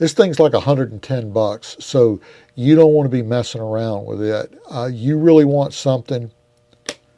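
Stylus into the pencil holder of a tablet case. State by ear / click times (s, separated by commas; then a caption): seated / 6.9 s. Someone talks, then a tablet stylus is pushed into the plastic pencil holder built into a rotating tablet case to keep it secure rather than relying on a loose magnetic attachment. A faint tick at 6.7 s is followed by a sharp click at 6.9 s as the stylus snaps in, seated and secure.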